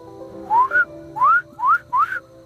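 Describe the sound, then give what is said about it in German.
Rats squeak under a bridge over a river: high, rising squeaks, about five short chirps in quick irregular succession, over a low steady hum with no voices. “Was ist das? Ratten. Ratten? Ja, im Fluss. Unter der Brücke.”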